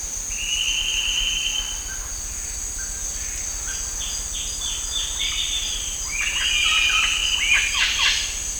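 Bird sounds: a long trill, a series of short descending notes, then a lively burst of trills and chirps over a constant insect drone.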